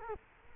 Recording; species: mosquito wingbeat signal from an infrared sensor; Culex quinquefasciatus